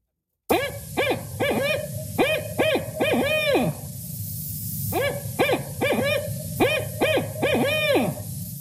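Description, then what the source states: Barred owl song: two rhythmic bursts of deep hooting notes, each phrase closing with a long downward-sliding hoot, over a low background rumble. Simple song of about seven notes, described as 'who cooks for you', sounding almost like a barking bird.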